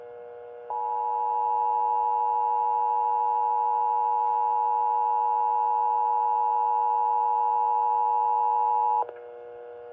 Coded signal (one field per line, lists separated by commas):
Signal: Emergency Alert System (SAME) tones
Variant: 853 and 960 Hz attention tone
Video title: 2021 National Periodic Tests (EAS #66-69)